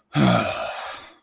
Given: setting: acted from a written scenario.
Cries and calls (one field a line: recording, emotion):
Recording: vocal sound without words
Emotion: contempt